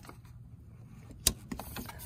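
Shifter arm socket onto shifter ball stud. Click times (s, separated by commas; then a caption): 1.3 s. On a Ford Fiesta ST with a Whoosh Motorsports short shifter, the shift arm is placed back over the shifter's ball stud and pushed down until its socket snaps onto the ball. After a quiet stretch of low background rumble, a loud, sharp click at 1.3 seconds marks the arm seating, followed by a few softer knocks. The shift arm is now seated on the ball joint.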